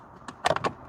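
A plastic cabin air filter access cover is pushed back into the HVAC filter housing behind the glove box of a 2008–2013 Toyota Highlander. A few short plastic knocks and scrapes of handling are heard between about 0.3 and 0.7 s. Nothing has seated or clicked yet.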